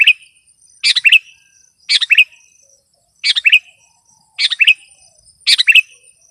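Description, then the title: Sooty-headed bulbul: six short bubbly chirping phrases about a second apart, each a fast cluster of three or four notes, with a soft continuous high drone. "kutilang"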